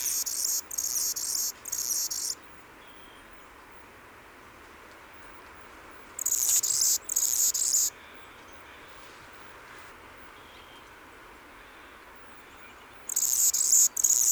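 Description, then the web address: Anna's hummingbird singing sharp, high buzzy bursts in clusters of two or three, separated by several seconds of quiet. "chant xeno-canto colibri d anna"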